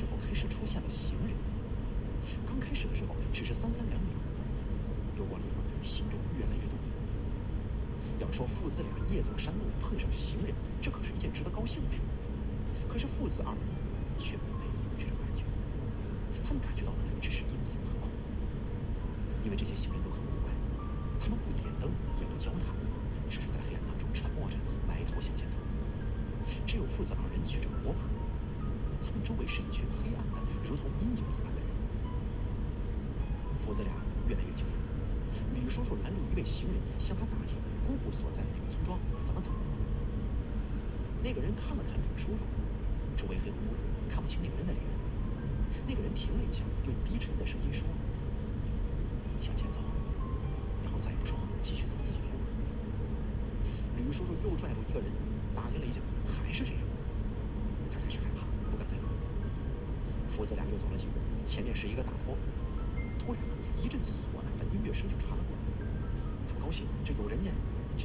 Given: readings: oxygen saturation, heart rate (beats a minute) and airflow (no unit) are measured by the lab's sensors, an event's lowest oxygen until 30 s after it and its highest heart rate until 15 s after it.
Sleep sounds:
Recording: a person awake in a sleep study, by a smartphone at the bedside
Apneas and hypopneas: none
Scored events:
0.00-68.05 s: awake
58.00-68.05 s: new sleep stage, N1 (lightest sleep)
From the record:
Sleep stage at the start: awake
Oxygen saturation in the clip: 94%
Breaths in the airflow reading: 22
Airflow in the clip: -1.3 to 2.1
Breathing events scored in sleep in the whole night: 335 in 6.7 hours asleep

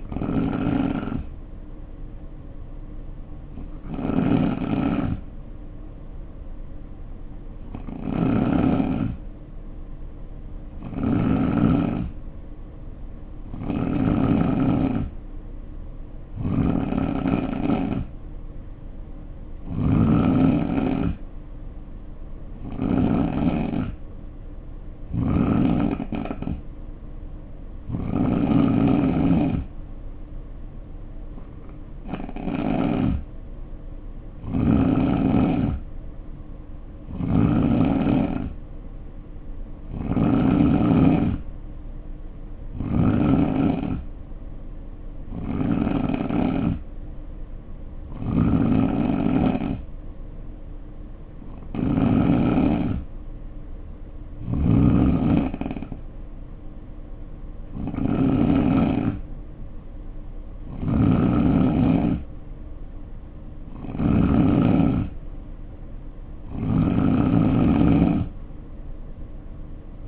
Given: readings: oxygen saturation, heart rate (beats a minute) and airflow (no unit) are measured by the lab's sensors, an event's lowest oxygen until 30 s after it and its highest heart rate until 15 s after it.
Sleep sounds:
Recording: breathing in sleep by a smartphone at the bedside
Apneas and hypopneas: 1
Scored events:
3.00-17.00 s: hypopnea (N3, oxygen 92% highest, then 87% lowest, heart rate 61 at the start, 67 highest)
53.00-70.08 s: new sleep stage, N2 (light sleep)
From the record:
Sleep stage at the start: N3 (deep sleep)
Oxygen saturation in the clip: 87 to 92%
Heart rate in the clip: 58 to 67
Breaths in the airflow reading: 23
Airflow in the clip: -4.2 to 3.6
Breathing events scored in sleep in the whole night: 520 in 7.2 hours asleep

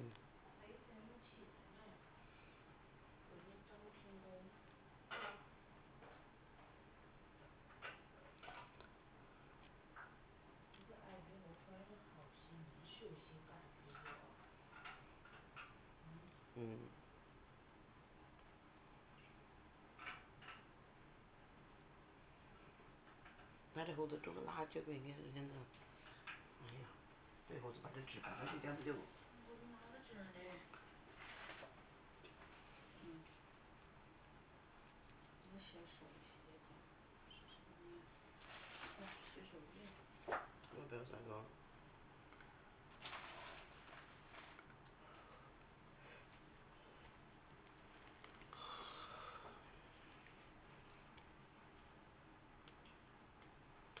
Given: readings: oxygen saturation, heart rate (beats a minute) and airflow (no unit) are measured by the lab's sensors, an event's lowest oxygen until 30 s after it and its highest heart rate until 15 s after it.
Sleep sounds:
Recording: a person awake in a sleep study, by a voice recorder at the bedside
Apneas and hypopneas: none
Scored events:
0.00-54.00 s: awake
0.00-54.00 s: awake
From the record:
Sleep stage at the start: awake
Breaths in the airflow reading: 15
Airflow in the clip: -1.0 to 0.8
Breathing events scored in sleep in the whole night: 328 in 6.3 hours asleep

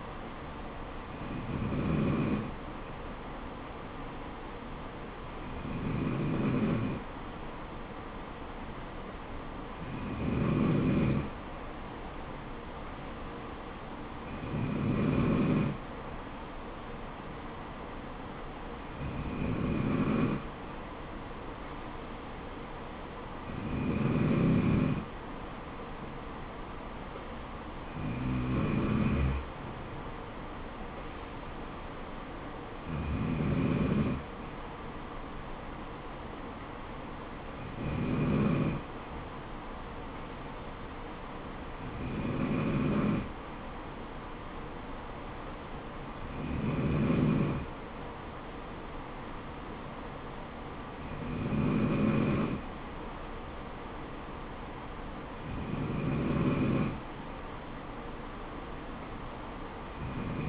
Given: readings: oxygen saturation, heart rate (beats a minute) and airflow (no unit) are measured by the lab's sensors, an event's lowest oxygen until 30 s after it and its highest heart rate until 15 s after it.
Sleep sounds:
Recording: breathing in sleep by a voice recorder at the bedside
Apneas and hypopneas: none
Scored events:
22.00-52.00 s: new sleep stage, N3 (deep sleep)
52.00-60.49 s: new sleep stage, N2 (light sleep)
From the record:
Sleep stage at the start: N2 (light sleep)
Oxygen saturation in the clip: 93 to 94%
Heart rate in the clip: 64 to 74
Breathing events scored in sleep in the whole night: 426 in 7.4 hours asleep

